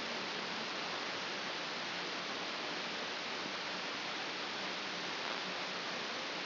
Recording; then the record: brain microelectrode recording played as sound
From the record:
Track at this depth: inside the subthalamic nucleus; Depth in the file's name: 5.513 mm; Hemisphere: left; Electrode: 2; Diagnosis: Parkinson's disease